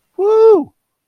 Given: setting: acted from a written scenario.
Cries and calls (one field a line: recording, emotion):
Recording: vocal sound without words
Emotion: triumph